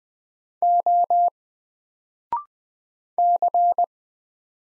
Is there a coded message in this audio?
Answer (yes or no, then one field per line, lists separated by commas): yes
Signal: Morse code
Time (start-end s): 0.6-3.8 s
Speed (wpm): 20 wpm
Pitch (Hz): 700 Hz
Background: none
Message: O C